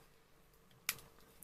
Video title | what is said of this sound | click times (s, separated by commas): Sony A7Rii / A7R ii with the Sony to Leica M Mount Adapter by K&F Concept | and it clicks into place. | 0.9 s